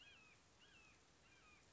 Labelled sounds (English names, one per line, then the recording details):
Red-shouldered Hawk
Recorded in Sonoma County, California